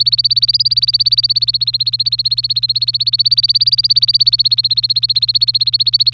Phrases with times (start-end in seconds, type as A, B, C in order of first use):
0.00-6.13 A